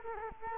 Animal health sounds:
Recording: mosquito wingbeat signal from an infrared sensor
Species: Culex quinquefasciatus

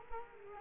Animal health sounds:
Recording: mosquito wingbeat signal from an infrared sensor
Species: Culex quinquefasciatus

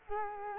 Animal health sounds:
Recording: mosquito wingbeat signal from an infrared sensor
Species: Culex quinquefasciatus

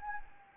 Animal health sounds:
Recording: mosquito wingbeat signal from an infrared sensor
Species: Anopheles gambiae

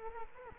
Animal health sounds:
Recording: mosquito wingbeat signal from an infrared sensor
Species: Culex quinquefasciatus

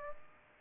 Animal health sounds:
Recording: mosquito wingbeat signal from an infrared sensor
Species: Aedes aegypti

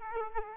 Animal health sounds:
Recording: mosquito wingbeat signal from an infrared sensor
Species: Aedes aegypti

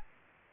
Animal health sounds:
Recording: mosquito wingbeat signal from an infrared sensor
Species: Aedes albopictus

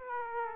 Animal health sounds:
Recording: mosquito wingbeat signal from an infrared sensor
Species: Aedes aegypti

